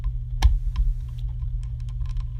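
A hard-to-fit snap-fit part is pushed onto a 1:200 Hogan Wings China Airlines Airbus A300-600R diecast model airliner until it snaps into place with a sharp click at 0.4 s. Softer clicks follow at about 0.8 and 1.2 s, with faint light ticking afterward over a steady low hum. The part is seated.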